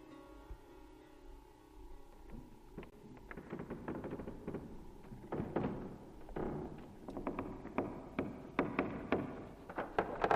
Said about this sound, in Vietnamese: Nó liếc mắt nhìn sang, nó thấy có người đang đóng cánh cửa tủ.